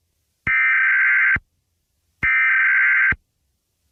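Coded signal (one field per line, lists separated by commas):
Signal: Emergency Alert System (SAME) tones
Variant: header bursts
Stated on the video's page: Fictional EAS scenario depicting a total blackout.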